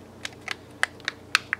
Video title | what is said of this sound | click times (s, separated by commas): Moto G Teardown Take Apart - Reassembly | you can hear it clicking in | 0.2 s, 0.5 s, 0.8 s, 1.1 s, 1.3 s, 1.5 s